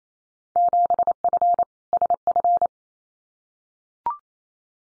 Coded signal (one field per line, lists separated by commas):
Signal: Morse code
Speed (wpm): 28 wpm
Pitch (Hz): 700 Hz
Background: none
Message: 7F SF